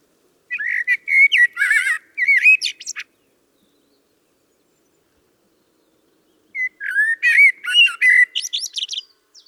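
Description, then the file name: Common blackbird singing two phrases: mellow whistled notes giving way to thin, scratchy high twittering, with a long silent gap between them. "Turdus merula"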